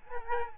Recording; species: mosquito wingbeat signal from an infrared sensor; Aedes albopictus